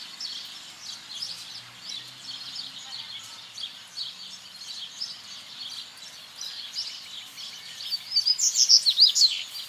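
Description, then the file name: Seedeater song: a loud, fast run of high sweeping chirps near the end, over a steady background chorus of small birds twittering. Recorded at El Aromito, Federación, on 8 January 2013 at 19:41. "Corbatita-El-Aromito-Federacion-08012013-1941 hs-Eco Registros"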